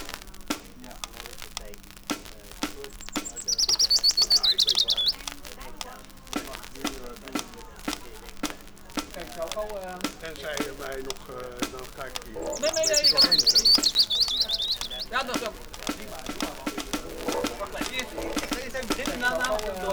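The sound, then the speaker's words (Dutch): Recorded bird sounds from a record, played by a DJ: two bursts of high, bright bird chirping and trilling rise over a busy background of speech-like chatter and clicks, with softer twittering calls scattered throughout. “En aan de andere kant hebben we nog … met alle vogelgeluiden.”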